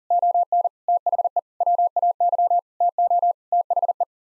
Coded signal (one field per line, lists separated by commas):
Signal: Morse code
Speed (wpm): 40 wpm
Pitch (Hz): 700 Hz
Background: none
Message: ON THE WAY TO THE